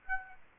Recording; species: mosquito wingbeat signal from an infrared sensor; Aedes aegypti